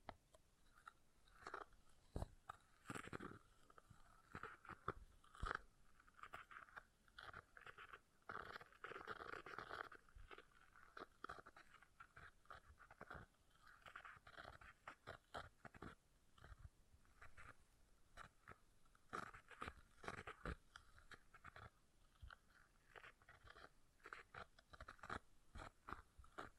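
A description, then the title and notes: Something scratches an object in dense, irregular bursts of crisp, crackly rasping, with sharp louder scrapes scattered throughout and steady busy texture between them. ASMR Brain Melting Object Scratching (No Talking).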